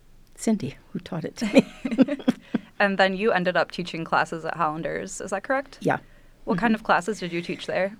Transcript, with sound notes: Cindy, who taught it to me. [LAUGHTER]
Then you ended up teaching classes at Hollander's, is that correct?
Yeah.
What kind of classes did you teach there?